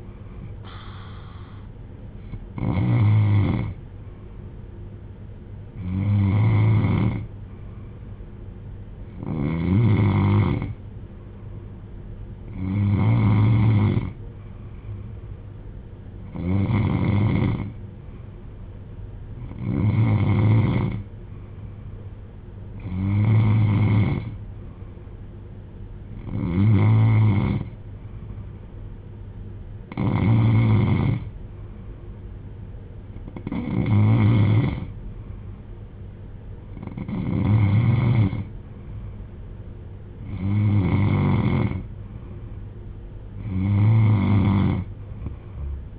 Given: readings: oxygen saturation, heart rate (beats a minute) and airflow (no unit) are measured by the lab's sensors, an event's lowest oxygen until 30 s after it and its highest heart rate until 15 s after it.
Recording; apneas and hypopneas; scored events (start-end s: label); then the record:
breathing in sleep by a smartphone at the bedside; 1
3.00-20.60 s: hypopnea (N3, oxygen 95% highest, then 92% lowest)
From the record:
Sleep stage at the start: N3 (deep sleep); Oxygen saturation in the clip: 92 to 95%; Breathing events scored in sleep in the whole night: 310 in 8.1 hours asleep